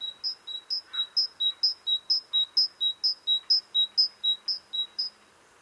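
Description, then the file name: Great tit calling a bright two-note whistled phrase, one note higher than the other, repeated steadily about twice a second for over five seconds. "Parus major"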